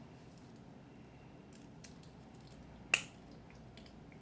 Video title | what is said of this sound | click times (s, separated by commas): My most expensive watch i built from Aliexpress | I can hear the two clicks. | 1.8 s, 2.9 s